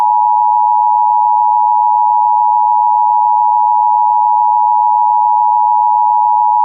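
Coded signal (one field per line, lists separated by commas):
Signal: Emergency Alert System (SAME) tones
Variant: 853 and 960 Hz attention tone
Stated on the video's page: Fictional mock EAS scenario about mutated rats.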